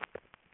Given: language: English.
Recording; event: throat vibration sensor signal played as sound; swallow